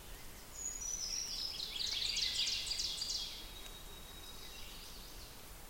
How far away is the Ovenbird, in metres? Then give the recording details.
about 75 m. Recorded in boreal forest in Alberta, Canada, on 5 June 2016 at 08:32. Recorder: SongMeter 3, array SBT-3-51. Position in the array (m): 220 m, 8 m. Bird 27